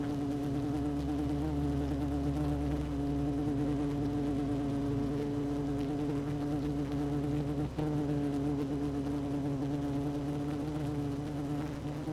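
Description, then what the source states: Honey bees buzzing in a hive, an even continuous drone with a single sharp knock near the middle. Hive 1 with its queen, recorded 12 June 2018 at 16:30.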